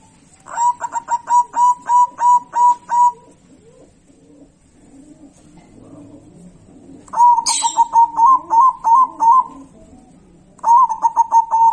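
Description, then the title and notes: Zebra dove song, long strings of quick pulsed coos at a steady pitch, three phrases with pauses between, a brief hiss or rustle at the start of the second. Local zebra dove. "Kicau Perkutut Lokal. Kicau Burung Perkutut"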